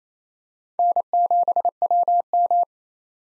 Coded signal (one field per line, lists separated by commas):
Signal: Morse code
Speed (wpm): 28 wpm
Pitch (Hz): 700 Hz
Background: none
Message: N7WM